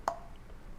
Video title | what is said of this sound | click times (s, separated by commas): I Tested 16 Temu Gadgets Under $1… Some Actually Worked! | Oh, it did. It did on the Red Bull. It snapped into place. | 0.1 s